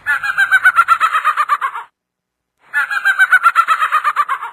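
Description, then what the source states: Laughing Falcon song: a rapid, rhythmic series of loud, laughing, hoarse notes in two bursts separated by a short pause. Solitary bird perching long at mid height in isolated trees with good visibility; usually sings at dawn and at dusk.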